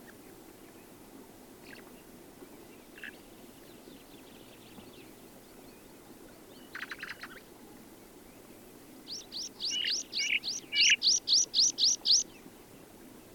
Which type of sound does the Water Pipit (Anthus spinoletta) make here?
song